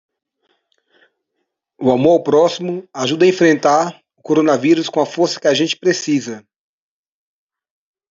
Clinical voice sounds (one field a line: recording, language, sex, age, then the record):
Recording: spoken sentence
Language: Brazilian Portuguese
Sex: male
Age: 30 to 39 years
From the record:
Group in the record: control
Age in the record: 38 years